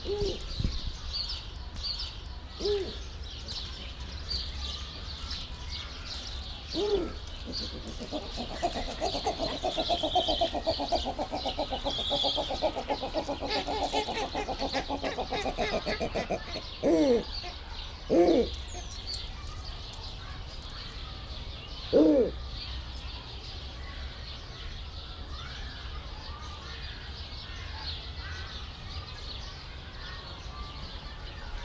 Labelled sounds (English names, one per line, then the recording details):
Snowy Owl call
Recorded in captivity
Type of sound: call
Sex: pair
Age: adult
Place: Zoo Berlin, Berlin, DE
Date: 1996-04-20 17:57
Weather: sonnig, 23°C
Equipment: Sony MD-WM MZ-R3, Sennheiser MKH 416 T, Kopie Uher 4000 Report Monitor
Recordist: Tembrock, Günter
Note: Männchen (dunkle Rufe) bespringt kurz das Weibchen (Lautfolge, dabei auch das Weibchen). Entfernung 2 m